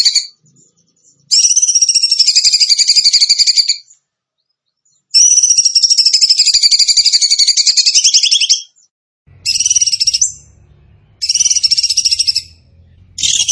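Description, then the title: Bird song made of several long, high, buzzy trilled phrases separated by gaps, the later phrases shorter, with faint low noise underneath. Masteran (training recording) of a bird singing in the tembakan gacor style. "Masteran Burung Tembakan Gacor"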